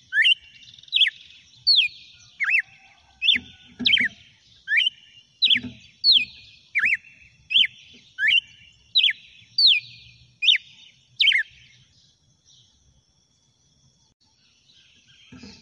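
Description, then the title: Red-cowled cardinal singing a long sequence of quick, sliding whistles, regularly spaced, then falling quiet near the end. "Galo De Campina"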